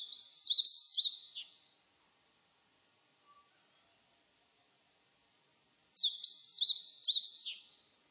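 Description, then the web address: Meadow bunting singing two bright, rapid phrases of high chirping notes, separated by several seconds of near silence. Recorded 28 April 2001. "2001 010428 hoojiro"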